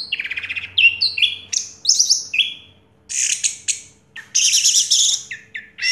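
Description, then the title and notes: Orange-headed thrush song of quick varied whistles and slurs in short bursts, with brief pauses and a dense chattering phrase near the end. Anis merah song in the 'teler' style, with a clear voice; part of a complete collection of its sounds. "Anis Merah Teler Suara Jernih. suara anis merah"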